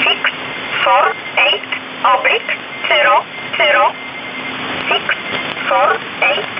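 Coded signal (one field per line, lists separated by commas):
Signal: numbers station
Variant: E11 Oblique, English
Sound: synthetic-sounding voice reading short evenly spaced words over shortwave, about ten words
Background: radio static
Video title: 30 05 2019 E11 Oblique Numbers station in English 1900 on 7600 unknown tx site in USB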